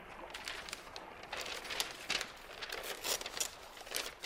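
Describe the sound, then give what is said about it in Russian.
A paper parcel that arrived in the mailbag being unwrapped, with steady crisp crinkling and rustling for several seconds and a few sharper crackles and tears poking out. No one speaks. “Так, вот как всегда пакет мне.”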